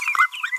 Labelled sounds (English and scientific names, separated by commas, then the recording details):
Green-rumped Parrotlet (Forpus passerinus) babbling
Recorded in a nest box in Venezuela
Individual 18B25A3